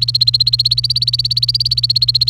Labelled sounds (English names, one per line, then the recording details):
Domestic Canary song
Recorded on 28 April 2018 at 09:55
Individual llb3